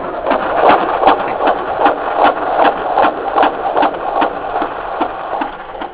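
Baby heartbeat, fetal, heard at a women's center.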